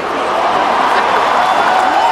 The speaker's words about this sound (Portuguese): Uma galera tá aplaudindo ele, mas eu não sei o que, que ele tá falando. Claro que estão concordando, ele só tá falando que é inacreditável.